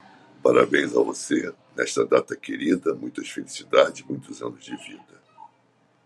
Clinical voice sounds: short text; Brazilian Portuguese; male; 70 to 79 years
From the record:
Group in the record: control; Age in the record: 70 years

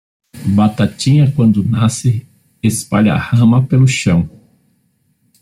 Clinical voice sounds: short text; Brazilian Portuguese; male; 50 to 59 years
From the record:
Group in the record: control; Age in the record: 54 years

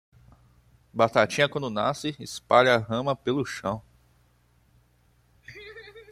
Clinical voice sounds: short text; Brazilian Portuguese; male; 18 to 19 years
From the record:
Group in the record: control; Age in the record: 19 years

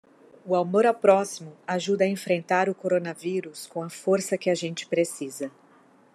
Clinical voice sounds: spoken sentence; Brazilian Portuguese; female; 40 to 49 years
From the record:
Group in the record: control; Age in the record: 41 years

